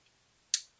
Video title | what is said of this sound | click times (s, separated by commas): OKNIFE U1 Pro: The EDC Utility Knife With a Hidden Trick | and then it's locked in place. | 0.5 s